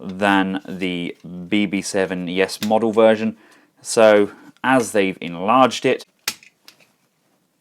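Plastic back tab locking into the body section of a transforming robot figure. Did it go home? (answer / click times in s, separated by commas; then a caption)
yes / 6.3 s. Someone talks, then pushes down the enlarged plastic tab at the back of a Kubianbao KBB Master Scale Series MSS-D02 C Thunder Wrath transforming robot figure (a KO of the Transformers Masterpiece Thundercracker), locking it into the body section. A sharp snap is heard at 6.3 seconds, followed by two faint ticks, and the tab is locked into place.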